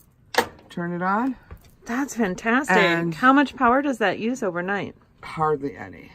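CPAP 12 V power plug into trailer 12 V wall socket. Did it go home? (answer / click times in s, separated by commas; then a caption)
yes / 0.4 s. A 12-volt DC power plug for a CPAP machine is pushed into the 12-volt wall socket of a 1967 Fan vintage trailer, which is off grid. The plug pops in and seats with a short, sharp hit at 0.4 s, and then people talk.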